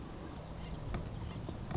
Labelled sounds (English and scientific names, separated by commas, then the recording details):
Song Sparrow (Melospiza melodia)
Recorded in Sonoma County, California